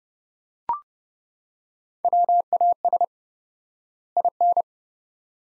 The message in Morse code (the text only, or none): WAS IN